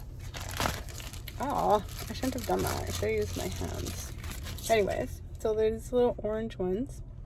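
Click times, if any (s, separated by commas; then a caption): none. Someone talks while handling a clear plastic aligner tray and small orange aligner seaters (chewies), used for biting the tray down onto teeth fitted with attachments. Brief crinkling, crunching handling sounds occur between about 0.4 and 1.3 seconds. Nothing has seated or clicked into place yet when the clip ends.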